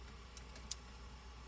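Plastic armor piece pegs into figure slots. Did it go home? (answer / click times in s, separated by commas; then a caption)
yes / 0.7 s. A plastic armor piece from a Blokees Transformers Galaxy 08 figure is pushed so its pegs go into the figure's slots, and it snaps into place with a sharp, bright click at 0.7 s. A fainter tick comes earlier at 0.4 s over a low steady hum. The armor is confirmed seated.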